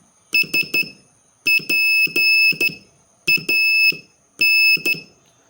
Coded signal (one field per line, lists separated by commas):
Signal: Morse code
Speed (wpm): 12 wpm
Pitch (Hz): 2600 Hz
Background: none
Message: SPAN